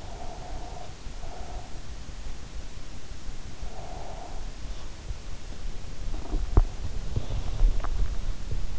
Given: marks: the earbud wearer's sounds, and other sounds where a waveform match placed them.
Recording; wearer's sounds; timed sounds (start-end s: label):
sounds in sleep by an in-ear microphone; breath, teeth grinding
0.00-1.88 s: breath
3.49-4.66 s: breath
6.14-8.12 s: teeth grinding